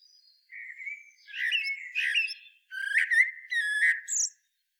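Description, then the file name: Common blackbird calls: a thin whistle leading into bursts of harsh, rattling chatter and squawks, then a sudden stop. "Turdus merula"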